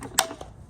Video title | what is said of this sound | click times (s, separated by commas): Keep Your Hands Clean: Changing Engine Oil On GL Mercedes Without Mess - X166 Mercedes Oil Change | until you hear it snap in | 0.2 s